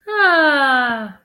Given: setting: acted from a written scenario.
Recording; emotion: vocal sound without words; positive surprise